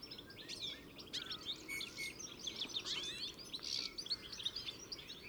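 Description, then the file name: European goldfinch twittering: a dense run of bright, liquid notes and short buzzy trills throughout. "Carduelis carduelis"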